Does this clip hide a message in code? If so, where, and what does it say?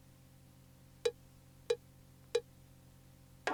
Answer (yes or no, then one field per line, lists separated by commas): no